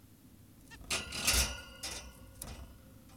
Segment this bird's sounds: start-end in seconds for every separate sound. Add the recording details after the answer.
0.71-0.78. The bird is an adult. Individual g17y2U